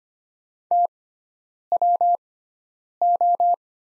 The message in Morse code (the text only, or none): TWO